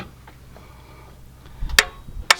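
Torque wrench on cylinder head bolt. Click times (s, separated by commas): 1.8 s, 2.3 s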